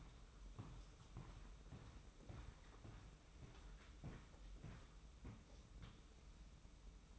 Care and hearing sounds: daily activity, microphone in the room; walk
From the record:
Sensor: 1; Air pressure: 990.7 hPa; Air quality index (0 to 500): 146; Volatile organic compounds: 972 ppm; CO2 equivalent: 5258 ppm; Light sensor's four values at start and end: 25/61/25/28 and 29/68/29/31

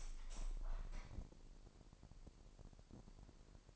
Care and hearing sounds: daily activity, microphone in the room; open window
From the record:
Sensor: 5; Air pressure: 1000.0 hPa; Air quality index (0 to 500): 248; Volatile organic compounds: 34 ppm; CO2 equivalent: 3048 ppm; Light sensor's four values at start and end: 34/80/32/30 and 35/80/32/30

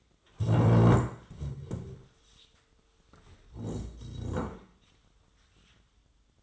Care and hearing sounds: daily activity, microphone in the room; stand up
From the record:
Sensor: 3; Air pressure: 1005.3 hPa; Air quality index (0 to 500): 95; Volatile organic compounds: 3 ppm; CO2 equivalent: 1476 ppm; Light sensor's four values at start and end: 10/22/9/9 and 9/20/8/8

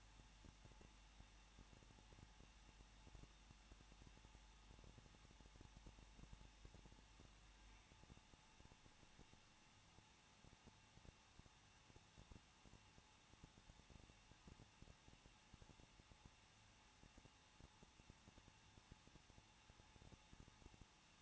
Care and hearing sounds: daily activity, microphone in the room; no activity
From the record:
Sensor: 1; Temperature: 20.1 degrees Celsius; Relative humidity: 39.1%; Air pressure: 1006.3 hPa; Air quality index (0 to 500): 217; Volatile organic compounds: 76 ppm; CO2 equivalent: 3570 ppm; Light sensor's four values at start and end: 1/2/1/1 and 1/2/1/1

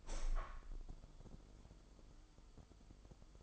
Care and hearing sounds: daily activity, microphone in the room; open window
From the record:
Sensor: 5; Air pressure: 995.8 hPa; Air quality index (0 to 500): 102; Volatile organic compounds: 7 ppm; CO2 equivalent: 1955 ppm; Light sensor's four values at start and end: 40/97/39/41 and 40/97/39/41

